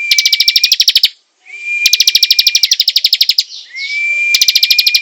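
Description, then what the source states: Prinia singing three long buzzy rattles, each riding on a level high whistle, separated by brief gaps. Singing vigorously, a style called gacor.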